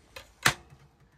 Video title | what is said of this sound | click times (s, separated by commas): How to Remove, Repair and Replace a Dometic RV Freezer Door and Save Money! | and you'll hear it pop into place | 0.5 s